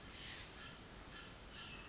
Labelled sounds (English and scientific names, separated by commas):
Pacific Wren (Troglodytes pacificus)